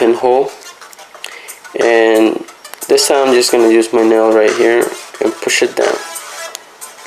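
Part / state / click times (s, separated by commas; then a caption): spring bar of a watch strap into the clasp pin hole / seated / 6.5 s. Someone talks while using a fingernail to push a watch strap's spring bar down and line it up with the pin hole on the strap and clasp. A short, sharp click at 6.6 s marks the spring bar snapping into the clasp pin hole and seating.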